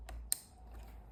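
A second plastic tail light wiring connector is handled with a soft rustle, then pushed home into its mating harness connector during a fender delete on a bobber build. A sharp, loud click at 0.3 s confirms the connector is seated, followed by a quiet tail.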